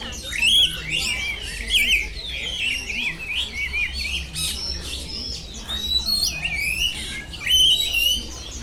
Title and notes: 香港 旺角 雀鳥花園 雀鳥唱歌 Bird Singing in the Bird Garden, Mongkok, Hong Kong Date: 15 February 2008